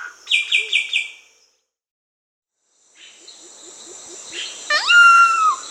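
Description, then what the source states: Solitary Cacique call: a burst of rapid pulsed notes, then a silence, then a steady insect drone with soft ticking and, near the end, a sharp upward swoop into a clear, level whistled note. Recorded in South America.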